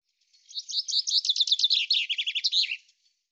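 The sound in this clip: Common chaffinch gives one brisk song phrase: a run of crisp, high trills that tumble downward and finish with an emphatic twist. The background is quiet.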